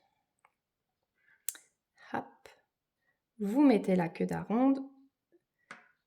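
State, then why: Seated. A small plastic dovetail connector is placed into the matching cut-out between two aligned pixel-art baseplates and pressed down, snapping into place with a small click at 5.7 s. Before that, light tapping and handling sounds occur, and someone talks.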